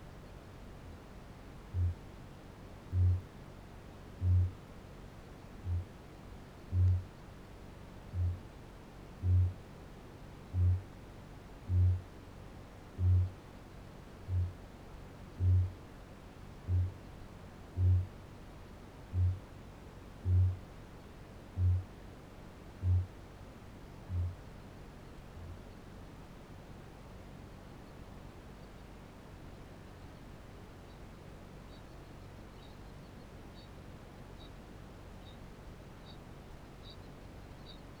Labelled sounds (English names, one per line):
Kākāpō boom
Kākāpō ching call